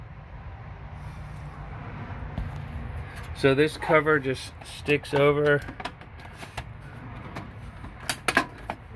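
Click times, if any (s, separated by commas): 8.3 s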